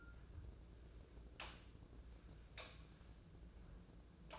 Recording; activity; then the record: daily activity, microphone in the room; light off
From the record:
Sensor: 2